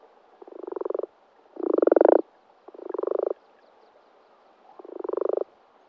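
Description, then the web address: Common frog croaking: four low, purring pulsed croaks, each under a second long, at uneven intervals against a quiet background. Sissonne, France. "Sissonne Grenouille-rousse"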